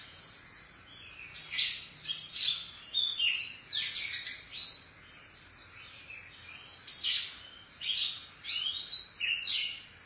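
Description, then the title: Oriental magpie-robin song of quick whistled and chattering phrases, varied and somewhat scratchy, delivered in a steady stream. Chirping song (kicauan) of the bird. "Suara Kicauan Burung Kacer Durasi Panjang"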